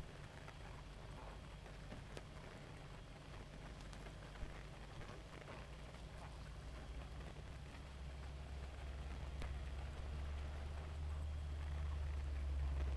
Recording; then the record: honeybee colony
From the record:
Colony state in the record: active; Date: 28 July 2017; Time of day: 0:26